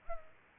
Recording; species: mosquito wingbeat signal from an infrared sensor; Culex pipiens